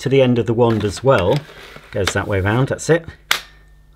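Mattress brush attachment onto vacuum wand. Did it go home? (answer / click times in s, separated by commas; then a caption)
yes / 3.3 s. A plastic mattress brush attachment is pushed onto the end of the wand of a Roidmi R10 cordless vacuum cleaner while someone talks. A single sharp click at 3.3 s shows the brush has seated on the wand.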